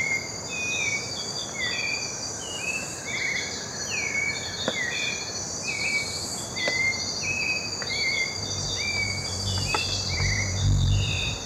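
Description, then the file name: White-necked thrush calls: short slurred whistled notes, each dropping slightly in pitch, repeated steadily throughout over a steady, loud high insect drone. "Turdus albicollis - White-necked Thrush"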